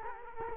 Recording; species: mosquito wingbeat signal from an infrared sensor; Culex quinquefasciatus